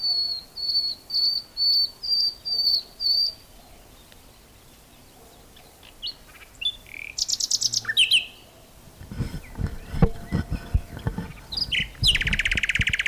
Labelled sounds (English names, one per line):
Common Whitethroat song